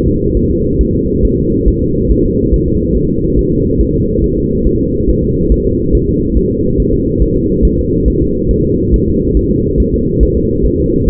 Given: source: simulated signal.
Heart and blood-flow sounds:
fetal heart sounds
0.07 s: S2
0.37 s: S1
0.51 s: S2
0.81 s: S1
0.95 s: S2
1.25 s: S1
1.39 s: S2
1.68 s: S1
1.82 s: S2
2.11 s: S1
2.26 s: S2
2.54 s: S1
2.68 s: S2
2.97 s: S1
3.11 s: S2
3.39 s: S1
3.53 s: S2
3.81 s: S1
3.95 s: S2
4.24 s: S1
4.38 s: S2
4.67 s: S1
4.81 s: S2
5.09 s: S1
5.24 s: S2
5.52 s: S1
5.66 s: S2
5.95 s: S1
6.09 s: S2
6.37 s: S1
6.51 s: S2
6.80 s: S1
6.94 s: S2
7.22 s: S1
7.36 s: S2
7.65 s: S1
7.79 s: S2
8.08 s: S1
8.22 s: S2
8.51 s: S1
8.65 s: S2
8.94 s: S1
9.08 s: S2
9.37 s: S1
9.51 s: S2
9.80 s: S1
9.94 s: S2
10.23 s: S1
10.37 s: S2
10.66 s: S1
10.80 s: S2
11.08 s: S1
From the record:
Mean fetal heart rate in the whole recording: 140 bpm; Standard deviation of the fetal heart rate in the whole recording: 2 bpm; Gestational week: 34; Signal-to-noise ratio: -14.7 dB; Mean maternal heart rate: 72 bpm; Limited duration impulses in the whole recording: present

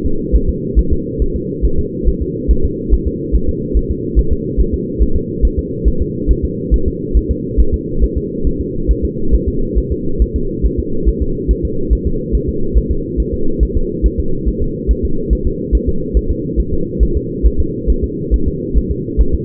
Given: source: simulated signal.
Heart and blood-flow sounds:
fetal heart sounds
0.06 s: S2
0.35 s: S1
0.49 s: S2
0.79 s: S1
0.93 s: S2
1.22 s: S1
1.36 s: S2
1.65 s: S1
1.79 s: S2
2.08 s: S1
2.22 s: S2
2.51 s: S1
2.65 s: S2
2.94 s: S1
3.07 s: S2
3.35 s: S1
3.49 s: S2
3.77 s: S1
3.91 s: S2
4.19 s: S1
4.33 s: S2
4.60 s: S1
4.74 s: S2
5.03 s: S1
5.16 s: S2
5.45 s: S1
5.59 s: S2
5.88 s: S1
6.02 s: S2
6.31 s: S1
6.45 s: S2
6.74 s: S1
6.88 s: S2
7.17 s: S1
7.31 s: S2
7.60 s: S1
7.74 s: S2
8.04 s: S1
8.18 s: S2
8.47 s: S1
8.61 s: S2
8.91 s: S1
9.05 s: S2
9.34 s: S1
9.48 s: S2
9.78 s: S1
9.92 s: S2
10.22 s: S1
10.36 s: S2
10.66 s: S1
10.79 s: S2
11.09 s: S1
11.22 s: S2
11.51 s: S1
11.65 s: S2
11.93 s: S1
12.07 s: S2
12.35 s: S1
12.49 s: S2
12.78 s: S1
12.91 s: S2
13.20 s: S1
13.34 s: S2
13.63 s: S1
13.77 s: S2
14.06 s: S1
14.20 s: S2
14.48 s: S1
14.62 s: S2
14.91 s: S1
15.05 s: S2
15.33 s: S1
15.47 s: S2
15.75 s: S1
15.89 s: S2
16.17 s: S1
16.31 s: S2
16.60 s: S1
16.74 s: S2
17.03 s: S1
17.17 s: S2
17.46 s: S1
17.60 s: S2
17.90 s: S1
18.04 s: S2
18.34 s: S1
18.48 s: S2
18.78 s: S1
18.91 s: S2
19.21 s: S1
19.35 s: S2
From the record:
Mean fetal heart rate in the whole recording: 140 bpm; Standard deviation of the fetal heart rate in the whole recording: 2 bpm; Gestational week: 34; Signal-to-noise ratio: -8.1 dB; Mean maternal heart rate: 72 bpm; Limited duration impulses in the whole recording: absent

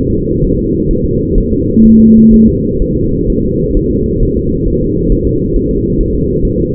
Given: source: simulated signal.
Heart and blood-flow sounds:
fetal heart sounds
0.13 s: S2
0.44 s: S1
0.59 s: S2
0.91 s: S1
1.06 s: S2
1.38 s: S1
1.52 s: S2
1.85 s: S1
2.00 s: S2
2.34 s: S1
2.48 s: S2
2.82 s: S1
2.97 s: S2
3.30 s: S1
3.44 s: S2
3.77 s: S1
3.91 s: S2
4.23 s: S1
4.37 s: S2
4.68 s: S1
4.82 s: S2
5.12 s: S1
5.27 s: S2
5.56 s: S1
5.71 s: S2
6.00 s: S1
6.15 s: S2
6.45 s: S1
6.60 s: S2
From the record:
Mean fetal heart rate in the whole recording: 130 bpm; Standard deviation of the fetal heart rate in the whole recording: 4 bpm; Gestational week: 38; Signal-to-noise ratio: -14.7 dB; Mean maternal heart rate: 72 bpm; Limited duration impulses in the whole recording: present

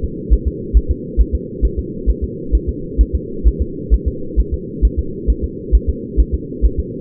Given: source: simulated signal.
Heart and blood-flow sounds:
fetal heart sounds
0.04 s: S2
0.33 s: S1
0.48 s: S2
0.77 s: S1
0.91 s: S2
1.21 s: S1
1.35 s: S2
1.65 s: S1
1.79 s: S2
2.09 s: S1
2.24 s: S2
2.55 s: S1
2.69 s: S2
3.01 s: S1
3.15 s: S2
3.47 s: S1
3.62 s: S2
3.94 s: S1
4.08 s: S2
4.40 s: S1
4.54 s: S2
4.85 s: S1
4.99 s: S2
5.30 s: S1
5.44 s: S2
5.75 s: S1
5.89 s: S2
6.20 s: S1
6.34 s: S2
6.65 s: S1
6.79 s: S2
From the record:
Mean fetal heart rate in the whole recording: 135 bpm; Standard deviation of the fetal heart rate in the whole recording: 3 bpm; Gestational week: 34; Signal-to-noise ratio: -4.3 dB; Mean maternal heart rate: 72 bpm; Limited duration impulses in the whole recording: absent

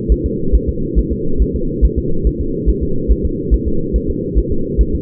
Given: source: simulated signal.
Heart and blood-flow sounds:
fetal heart sounds
0.12 s: S1
0.26 s: S2
0.55 s: S1
0.69 s: S2
0.99 s: S1
1.12 s: S2
1.42 s: S1
1.56 s: S2
1.85 s: S1
1.98 s: S2
2.27 s: S1
2.41 s: S2
2.69 s: S1
2.83 s: S2
3.12 s: S1
3.25 s: S2
3.54 s: S1
3.68 s: S2
3.96 s: S1
4.10 s: S2
4.38 s: S1
4.52 s: S2
4.81 s: S1
4.95 s: S2
From the record:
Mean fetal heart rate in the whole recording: 140 bpm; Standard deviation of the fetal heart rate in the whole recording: 2 bpm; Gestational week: 34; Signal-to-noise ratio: -8.1 dB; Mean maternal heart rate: 72 bpm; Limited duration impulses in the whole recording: absent

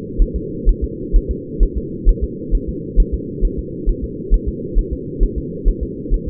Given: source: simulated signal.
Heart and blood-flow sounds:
fetal heart sounds
0.22 s: S1
0.36 s: S2
0.69 s: S1
0.84 s: S2
1.16 s: S1
1.31 s: S2
1.63 s: S1
1.78 s: S2
2.09 s: S1
2.24 s: S2
2.55 s: S1
2.69 s: S2
3.00 s: S1
3.14 s: S2
3.45 s: S1
3.59 s: S2
3.89 s: S1
4.04 s: S2
4.34 s: S1
4.49 s: S2
4.79 s: S1
4.93 s: S2
5.23 s: S1
5.38 s: S2
5.68 s: S1
5.83 s: S2
6.14 s: S1
6.28 s: S2
From the record:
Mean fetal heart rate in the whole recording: 130 bpm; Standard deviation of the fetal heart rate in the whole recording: 2 bpm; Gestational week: 38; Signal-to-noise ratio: -4.1 dB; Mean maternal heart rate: no maternal heart sound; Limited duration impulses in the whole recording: absent

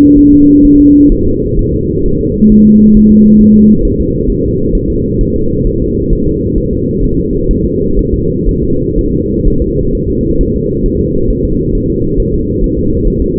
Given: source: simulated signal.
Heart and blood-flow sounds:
fetal heart sounds
0.19 s: S1
0.33 s: S2
0.65 s: S1
0.80 s: S2
1.12 s: S1
1.27 s: S2
1.59 s: S1
1.74 s: S2
2.06 s: S1
2.21 s: S2
2.52 s: S1
2.67 s: S2
2.97 s: S1
3.12 s: S2
3.41 s: S1
3.56 s: S2
3.85 s: S1
4.00 s: S2
4.30 s: S1
4.44 s: S2
4.75 s: S1
4.90 s: S2
5.21 s: S1
5.36 s: S2
5.67 s: S1
5.82 s: S2
6.13 s: S1
6.27 s: S2
6.58 s: S1
6.73 s: S2
7.04 s: S1
7.19 s: S2
7.51 s: S1
7.65 s: S2
7.99 s: S1
8.14 s: S2
8.49 s: S1
8.63 s: S2
8.99 s: S1
9.13 s: S2
9.48 s: S1
9.62 s: S2
9.95 s: S1
10.10 s: S2
10.41 s: S1
10.56 s: S2
10.86 s: S1
11.01 s: S2
11.31 s: S1
11.45 s: S2
11.75 s: S1
11.90 s: S2
12.20 s: S1
12.34 s: S2
12.64 s: S1
12.78 s: S2
13.07 s: S1
13.22 s: S2
From the record:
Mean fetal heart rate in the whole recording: 130 bpm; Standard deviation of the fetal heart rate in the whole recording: 4 bpm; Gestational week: 38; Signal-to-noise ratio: -15.3 dB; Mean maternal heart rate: 72 bpm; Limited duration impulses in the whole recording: present

